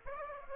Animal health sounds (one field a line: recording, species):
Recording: mosquito wingbeat signal from an infrared sensor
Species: Aedes aegypti